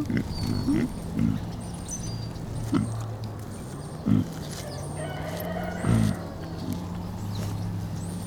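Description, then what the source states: Pig grunts, short and low, scattered at irregular gaps over a steady low hum, with faint high bird chirps above. Piglets hanging out together.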